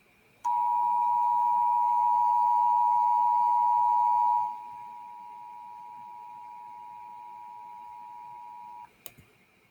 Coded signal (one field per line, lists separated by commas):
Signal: Emergency Alert System (SAME) tones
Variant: 853 and 960 Hz attention tone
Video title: Piggy EAS Mock: William Wolf Alert